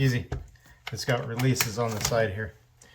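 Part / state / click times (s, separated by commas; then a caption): vacuum sealer lid into sealer base latches / not seated / none. Someone talks while handling the plastic lid of a vacuum sealer over its base, near the release latches on the side, with faint handling noises in the background. Nothing has seated or clicked yet; the lid is not yet closed onto the base.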